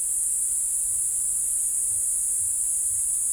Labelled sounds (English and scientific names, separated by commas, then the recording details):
none
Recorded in forest near Pivijay, Magdalena, Colombia, on 2 June 2023 at 12:30
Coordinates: 10.467, -74.380
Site Z5-G034